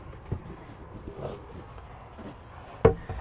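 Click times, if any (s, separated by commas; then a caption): 2.9 s. The removable dinette table of a 2023 Winnebago Solis 59PX Pop Top van is put into its storage holder behind the seating. After some quiet handling and faint bumps, a sharp snap sounds at 2.9 s (2.85 s) as the table seats in place, so it won't rattle in transit.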